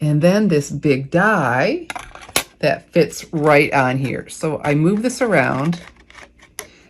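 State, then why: Seated. Someone talks while sliding a large metal cutting die around on a plastic Stampin' Up! tree rings 3D embossing folder until it drops into its recess. A short, sharp click at 6.6 s marks the die seating in the folder, perfectly positioned.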